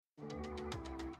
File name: Pig